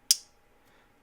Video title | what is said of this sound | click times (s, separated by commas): 4 of the BEST Knives for EDC | sound deploying the knife, you know, nice click | 0.1 s